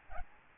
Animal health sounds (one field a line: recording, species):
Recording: mosquito wingbeat signal from an infrared sensor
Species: Aedes albopictus